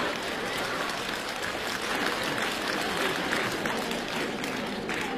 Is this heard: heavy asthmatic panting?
no